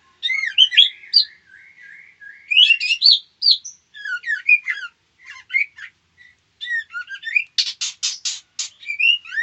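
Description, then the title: White-rumped shama calling: a rapid, varied run of whistled slurs and chirps, broken by a burst of harsh, buzzy rattling notes near the end. Female. "Murai batu betina"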